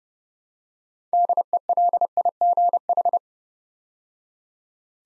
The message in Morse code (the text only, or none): DELIGH